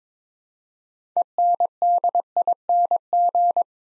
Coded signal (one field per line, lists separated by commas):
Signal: Morse code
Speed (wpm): 22 wpm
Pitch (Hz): 700 Hz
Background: none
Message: ENDING